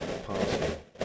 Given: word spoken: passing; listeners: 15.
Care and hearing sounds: one English word in noise, from a listening test; noise modulated by three-talker babble; -6.9 dB; 1 of 15; 6 of 15; 0.65 s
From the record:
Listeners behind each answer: 6, 3, 2, 2, 1, 1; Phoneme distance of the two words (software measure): 17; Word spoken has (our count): 2 syllables, 5 phonemes, stress on syllable 1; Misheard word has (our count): 2 syllables, 4 phonemes, stress on syllable 1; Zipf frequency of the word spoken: 4.43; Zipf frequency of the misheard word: 3.85

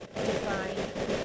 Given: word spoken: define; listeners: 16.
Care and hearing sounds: one English word in noise, from a listening test; noise modulated by three-talker babble; -7.2 dB; 2 of 16; 7 of 16; 0.85 s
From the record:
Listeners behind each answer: 7, 3, 2, 1, 1, 1, 1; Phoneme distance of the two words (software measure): 10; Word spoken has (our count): 2 syllables, 5 phonemes, stress on syllable 2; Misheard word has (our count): 2 syllables, 5 phonemes, stress on syllable 2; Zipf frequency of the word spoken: 3.89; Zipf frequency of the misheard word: 3.92

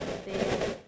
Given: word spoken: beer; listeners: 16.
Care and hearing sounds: one English word in noise, from a listening test; noise modulated by three-talker babble; -7.2 dB; 0 of 16; 8 of 16; 0.48 s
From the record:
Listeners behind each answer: 8, 2, 1, 1, 1, 1, 1, 1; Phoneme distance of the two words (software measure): 10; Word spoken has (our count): 1 syllable, 2 phonemes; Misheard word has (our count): 1 syllable, 2 phonemes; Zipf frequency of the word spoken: 4.47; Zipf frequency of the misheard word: 4.84

